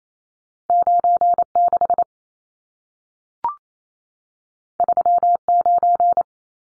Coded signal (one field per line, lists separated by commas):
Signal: Morse code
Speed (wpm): 28 wpm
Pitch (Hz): 700 Hz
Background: none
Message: 96 39